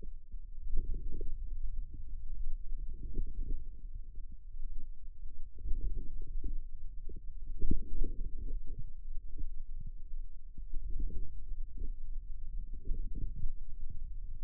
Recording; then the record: forearm muscle sounds (acoustic myography)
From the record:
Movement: outward rotation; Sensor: system 2, bracelet of six BSWA MPA416 microphones around the upper forearm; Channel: 5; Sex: male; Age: 22 years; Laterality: right